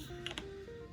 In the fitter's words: let it click into place try it a couple of times make sure it works